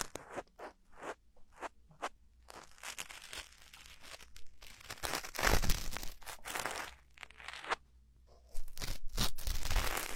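Ear cleaning makes crackly scratching and rustling, first in short separate bursts, then longer dense scraping passages with brief pauses between them.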